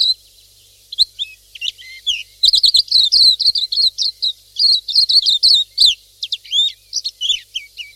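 Pleci silvereye giving high, thin chirps that build into a fast twittering run, then scattered upslurred notes near the end.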